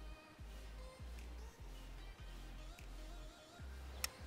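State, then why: Seated. The dog on a steel foot-hold trap is pressed down until it catches in the notch that holds the pan. A tiny, sharp click is heard at 4.0 s over a steady low hum with soft thuds. The dog is seated in its notch, leaving the pan sitting slightly lower than the jaw.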